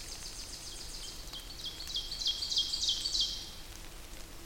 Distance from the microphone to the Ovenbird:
about 40 m